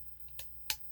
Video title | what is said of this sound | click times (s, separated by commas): R4-6DO - Star Wars The Black Series - The Mandalorian | and it just clicks into place | 0.7 s